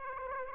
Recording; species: mosquito wingbeat signal from an infrared sensor; Aedes aegypti